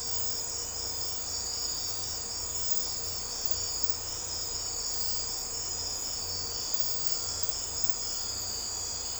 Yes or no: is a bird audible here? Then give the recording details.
no. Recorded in secondary vegetation near Puerto Asís, Putumayo, Colombia, on 16 December 2024 at 02:30. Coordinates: 0.502, -76.326. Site G028